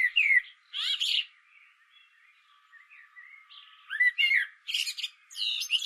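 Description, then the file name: Common blackbird singing: a mellow whistled warble, quiet soft notes, then squeaky high twittering flourishes. "Turdus merula"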